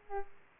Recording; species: mosquito wingbeat signal from an infrared sensor; Aedes aegypti